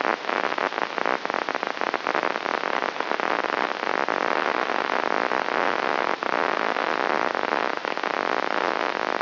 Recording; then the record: brain microelectrode recording played as sound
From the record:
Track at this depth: outside the subthalamic nucleus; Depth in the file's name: -0.883 mm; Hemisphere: left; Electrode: 3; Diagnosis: Parkinson's disease